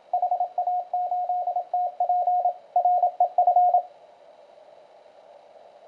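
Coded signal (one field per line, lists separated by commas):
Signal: Morse code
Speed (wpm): 28 wpm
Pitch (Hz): 720 Hz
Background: radio noise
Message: HA8TP REF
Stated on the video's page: Elecraft K1 QRP CW transceiver on 15 meters with narrow 400 Hz filter, power adjustable from 100 mW to 5 watts.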